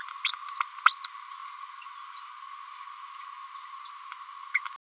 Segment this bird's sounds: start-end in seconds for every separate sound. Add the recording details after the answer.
0.24-0.32, 0.48-0.53, 0.85-0.95, 1.03-1.09, 4.54-4.60. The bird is a female. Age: 29 days. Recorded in a nest box in Venezuela. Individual 17B102A6